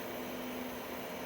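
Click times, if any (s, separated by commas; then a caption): none. A printed plastic locking clip on the Afterburner toolhead of a Voron 2.4 R1 3D printer is pressed down around an M3x30 screw to lock it in place. Only a steady, even hum is heard, with a constant tone near 250 Hz and no sharp transients. The clip seems to grip, but it has not clicked or seated.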